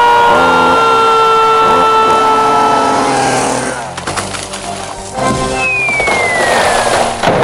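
A chainsaw's loud, steady motor drone holds its pitch, then sags into rough, grinding churning before a thin whining tone slides downward at the end. No one speaks.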